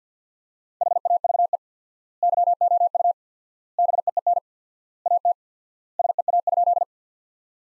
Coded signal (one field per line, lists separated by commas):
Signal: Morse code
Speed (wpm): 50 wpm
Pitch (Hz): 700 Hz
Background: none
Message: HAVE YOU BEEN AT SEA?